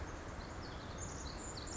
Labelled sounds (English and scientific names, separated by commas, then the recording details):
Pacific Wren (Troglodytes pacificus)
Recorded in Sonoma County, California